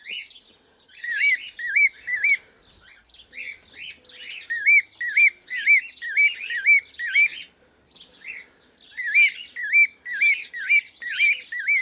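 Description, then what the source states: Cockatiel chirping, a rapid run of arched, warbling chirps about twice a second, with brief pauses. Pearl colour variety.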